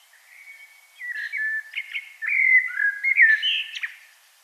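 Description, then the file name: Common blackbird warbling, a quiet start then louder fluted whistles and buzzy high twitters toward the close. "Turdus merula"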